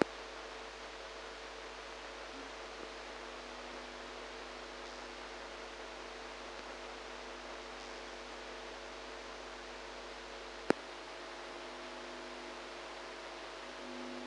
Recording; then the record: brain microelectrode recording played as sound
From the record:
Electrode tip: outside the subthalamic nucleus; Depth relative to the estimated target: 0 mm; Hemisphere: right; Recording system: NeuroSet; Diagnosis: Parkinson's disease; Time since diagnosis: 8 years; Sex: female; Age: 45 years